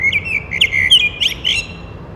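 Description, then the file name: Eurasian blackbird singing a short whistled phrase of several high, sliding notes. "Turdus merula"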